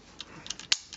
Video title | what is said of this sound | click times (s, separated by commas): TRANSFORMERS MASTERPIECE RATCHET MP 30 Rob A Reviews | And the side panel is going to come down and lock into place like that, | 0.7 s